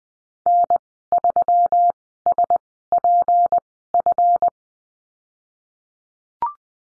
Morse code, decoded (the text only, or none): N 3 S P F